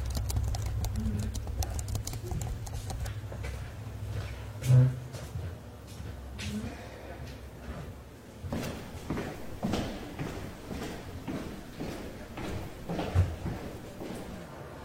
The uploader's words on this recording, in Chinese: 公共图书馆沉浸式学习 图书馆环境音 打字声 写字翻书。